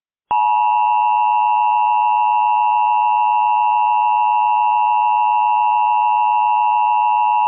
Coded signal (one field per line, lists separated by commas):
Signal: Emergency Alert System (SAME) tones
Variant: 853 and 960 Hz attention tone